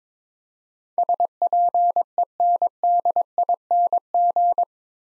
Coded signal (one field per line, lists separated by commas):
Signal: Morse code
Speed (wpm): 22 wpm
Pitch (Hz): 700 Hz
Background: none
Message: SPENDING